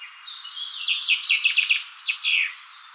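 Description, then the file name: Common chaffinch song: one complete phrase of quick, repeated notes closing with a sharp, slurred flourish. "Fringilla coelebs"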